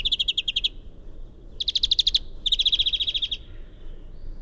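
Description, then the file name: European greenfinch delivering three quick, bright trills of rapidly repeated notes, each under a second long, with a short silence between the first and second. "Chloris chloris"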